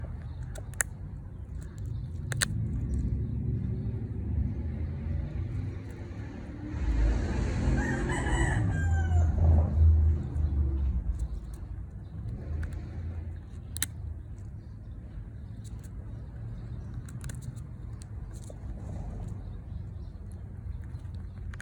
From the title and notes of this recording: Charlie Working on a Pecan. Charlie loves the challenge of breaking open a pecan and the reward of eating the nut.